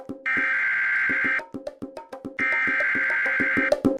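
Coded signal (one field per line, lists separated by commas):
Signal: Emergency Alert System (SAME) tones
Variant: header bursts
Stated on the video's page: Emergency alert from a Roblox game.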